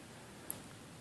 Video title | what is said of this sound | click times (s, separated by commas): SN-28B Crimping tutorial for DuPont pins. | so that one clicked. | 0.5 s